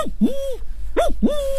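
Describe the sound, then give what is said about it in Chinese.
A voice imitates an old cuckoo's call from deep in the throat while a mouth harp is held in the mouth and plucked by hand: three hollow, hooting notes, each swooping up and sliding back down, with short gaps between them over a low steady hum. “对，也有布谷鸟，布谷鸟就是它这个声音都是不一样的，因为这个年轻的布谷鸟这个叫法和这个老的布谷鸟都是不一样的。”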